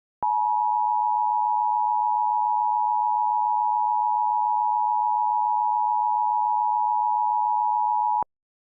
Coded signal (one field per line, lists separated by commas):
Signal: Emergency Alert System (SAME) tones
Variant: 853 and 960 Hz attention tone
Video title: On the Loose (An EAS Scenario)